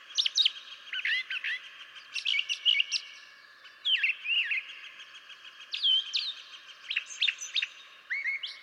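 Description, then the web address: Brown Thrasher song as a steady run of short varied phrases, sharp downslurred whistles and clicks, each group quickly followed by a new pattern. "birdsongforthecurious Brown Thrasher"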